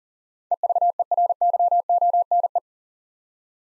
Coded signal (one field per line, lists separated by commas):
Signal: Morse code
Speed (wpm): 38 wpm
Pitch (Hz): 700 Hz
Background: none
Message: EVERYONE